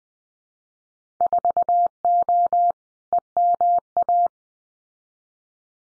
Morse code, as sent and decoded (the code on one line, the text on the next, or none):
....- --- / . -- .-
4O EMA